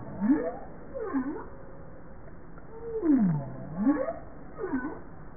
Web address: bowhead